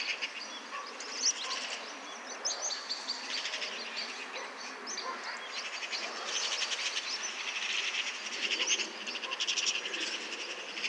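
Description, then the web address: Eurasian magpie giving harsh, rattling chatter in several bursts of rapid clicks. "SETE data Pica pica"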